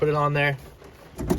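A steering wheel with a quick-release hub is being put back onto its base on the steering column; someone talks for about the first half second, then there is a quiet stretch before short handling knocks around 1.2 to 1.4 seconds. Nothing has seated or clicked into place yet; the wheel has not been pressed and rotated until the hub's steel balls drop into their grooves.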